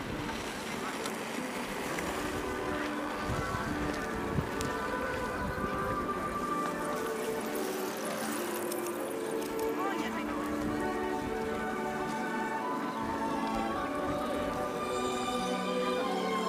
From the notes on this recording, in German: Hunderte Menschen gehen ihren Beschäftigungen nach.